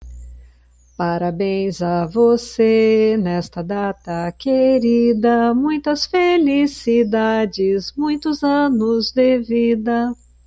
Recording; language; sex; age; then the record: short text; Brazilian Portuguese; female; 50 to 59 years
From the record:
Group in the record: control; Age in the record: 51 years